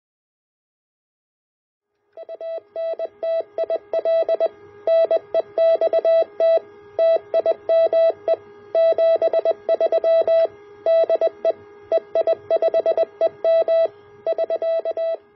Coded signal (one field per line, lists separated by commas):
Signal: Morse code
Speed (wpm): 20 wpm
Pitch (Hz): 660 Hz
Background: none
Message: ANTIL NEXT TIME 73 DE EI5EM <SK>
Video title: A Homemade Helical Bandpass Filter for the Two-Metre Amateur Radio Band